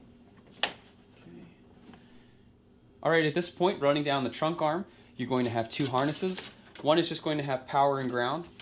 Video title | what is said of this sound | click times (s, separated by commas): BMW F30 Power Trunk Retrofit DIY, from BimmerTech! | then just push this back in here until you hear the click. Okay. | 0.6 s